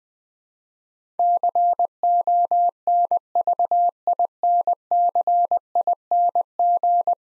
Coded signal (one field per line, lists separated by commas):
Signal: Morse code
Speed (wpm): 20 wpm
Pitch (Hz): 700 Hz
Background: none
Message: CONVINCING